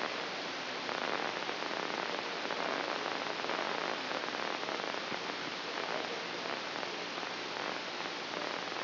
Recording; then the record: brain microelectrode recording played as sound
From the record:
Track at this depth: inside the subthalamic nucleus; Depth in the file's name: 1.727 mm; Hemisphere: right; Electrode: 2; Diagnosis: Parkinson's disease